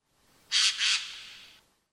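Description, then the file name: Eurasian jay giving a harsh, rasping call in two quick scratchy bursts, followed by a fading noisy tail. "Garrulus glandarius"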